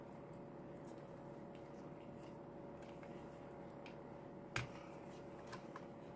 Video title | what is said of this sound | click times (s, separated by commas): 🥰 ACTION PENDULE 😉 DIFFICULTÉ 2 😁 CRAFTS & CO 🥰#action #puzzle3d | le truc alors j'ai réussi à mettre cela donc ça s'enclenche et | 4.6 s